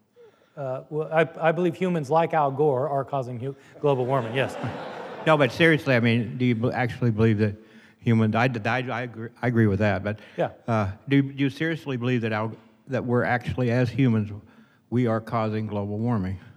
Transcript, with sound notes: Uh, well, I, I believe humans like Al Gore are causing hu- global warming, yes.
(laughter) No, but seriously, I mean, do you b- actually believe that humans… I d- I, I agr- I agree with that, but- Yeah uh, do you, do you seriously believe that Al– that we’re actually as humans, we are causing global warming?